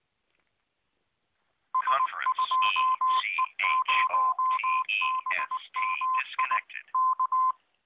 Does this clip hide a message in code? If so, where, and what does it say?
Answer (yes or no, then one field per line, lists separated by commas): yes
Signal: Morse code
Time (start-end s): 1.7-7.5 s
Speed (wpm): 19 wpm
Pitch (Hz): 1030 Hz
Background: none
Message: S 2E0BMI K